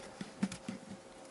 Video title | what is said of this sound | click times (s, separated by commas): Studio Sundowner Hayabusa Kuro Toy Review | so when you click the arm back on | 0.5 s